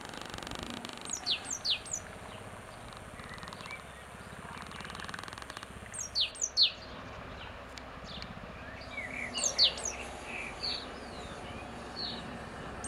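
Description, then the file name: Great tit: short, high, sharply falling notes in quick bursts of three or four, heard three times a few seconds apart over a steady background hiss. "Parus major"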